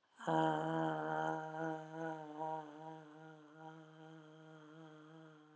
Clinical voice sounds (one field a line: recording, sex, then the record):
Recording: sustained vowel /a/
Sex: female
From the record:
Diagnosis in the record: healthy control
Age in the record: 72 years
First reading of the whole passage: 67 s, 7.5 characters per second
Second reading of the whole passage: 67 s, 7.5 characters per second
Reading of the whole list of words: 68 s, 4.2 characters per second